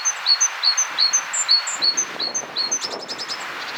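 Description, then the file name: Great tit calls: thin high notes alternating between two pitches in a rapid series, then a quick buzzy run of clicks near the end. "Parus major"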